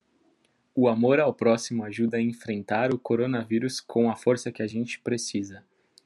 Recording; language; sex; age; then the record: spoken sentence; Brazilian Portuguese; male; 20 to 29 years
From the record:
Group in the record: control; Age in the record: 20 years